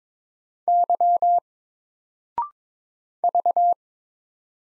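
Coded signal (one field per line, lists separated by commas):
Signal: Morse code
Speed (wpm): 22 wpm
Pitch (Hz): 700 Hz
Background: none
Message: Y V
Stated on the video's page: Morse practice drill of single letters at 22 wpm, each letter sent, spoken after a 0.6-second pause, then sent again.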